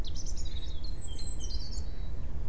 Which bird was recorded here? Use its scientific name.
Parus major